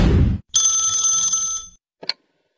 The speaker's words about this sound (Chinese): 正想着呢，又一个陌生来电，不用问